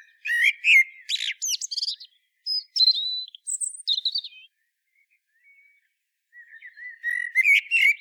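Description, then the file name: Common blackbird song, several quick phrases of low fluted notes followed by thin, chattering high squeaks, pausing briefly before warbling resumes at the end. "Turdus merula"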